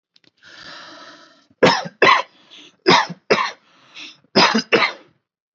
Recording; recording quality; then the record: heavy voluntary cough; excellent, no background noise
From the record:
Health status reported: healthy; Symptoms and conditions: none ticked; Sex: male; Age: 30 years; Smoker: not ticked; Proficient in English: yes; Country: India